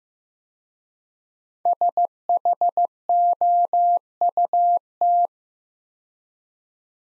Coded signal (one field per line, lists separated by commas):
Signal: Morse code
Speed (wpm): 15 wpm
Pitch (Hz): 700 Hz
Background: none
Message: SHOUT